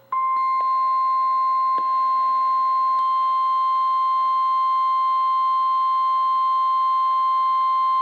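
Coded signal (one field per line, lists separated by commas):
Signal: Emergency Alert System (SAME) tones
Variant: 1050 Hz attention tone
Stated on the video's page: EAS tones from NOAA weather radio stations KHB36 and WXM42, covering a required weekly test and severe thunderstorm warnings and watches.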